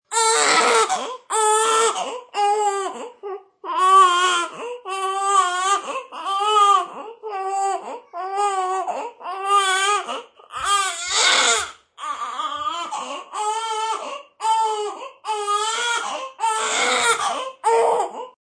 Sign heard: Infant Baby Crying.